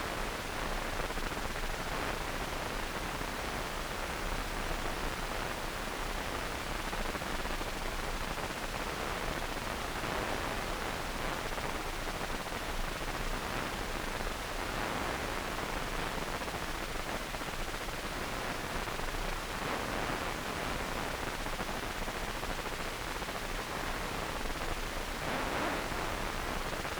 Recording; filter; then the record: brain microelectrode recording played as sound; wide band, above 20 Hz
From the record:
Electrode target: subthalamic nucleus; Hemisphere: right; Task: reaching with the left hand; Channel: 2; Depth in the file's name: 1.506 mm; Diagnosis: Parkinson's disease